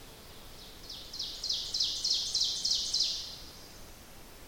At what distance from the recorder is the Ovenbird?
about 45 m